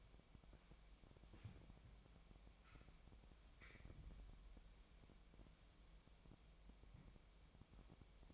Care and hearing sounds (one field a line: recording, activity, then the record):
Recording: daily activity, microphone in the room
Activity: wipe stove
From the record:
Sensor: 1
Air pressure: 1007.1 hPa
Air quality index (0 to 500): 204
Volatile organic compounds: 22 ppm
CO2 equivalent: 2757 ppm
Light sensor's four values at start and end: 13/33/13/15 and 13/33/13/15